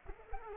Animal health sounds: mosquito wingbeat signal from an infrared sensor; Culex pipiens

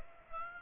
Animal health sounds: mosquito wingbeat signal from an infrared sensor; Aedes aegypti

